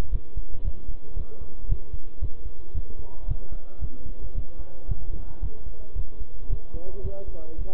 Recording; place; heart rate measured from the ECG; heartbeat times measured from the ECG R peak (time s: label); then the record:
heart sounds by stethoscope; between the tricuspid and mitral areas; 113 bpm
0.13 s: heartbeat
0.65 s: heartbeat
1.17 s: heartbeat
1.69 s: heartbeat
2.22 s: heartbeat
2.75 s: heartbeat
3.29 s: heartbeat
3.82 s: heartbeat
4.35 s: heartbeat
4.89 s: heartbeat
5.43 s: heartbeat
5.96 s: heartbeat
6.50 s: heartbeat
7.04 s: heartbeat
7.59 s: heartbeat
From the record:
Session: bicycle stress test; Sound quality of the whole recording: good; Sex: male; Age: 23 years